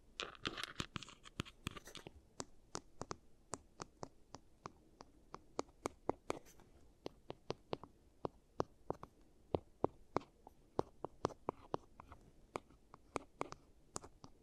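ASMR giant teeth treatment: a dense flurry of crisp taps for two seconds, then sharp, bright clicks every fraction of second over quiet.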